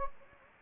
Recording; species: mosquito wingbeat signal from an infrared sensor; Anopheles gambiae